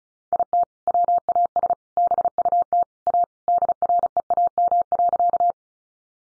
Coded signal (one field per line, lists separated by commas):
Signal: Morse code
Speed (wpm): 34 wpm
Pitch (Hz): 700 Hz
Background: none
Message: IT WAS BUT A DREAM.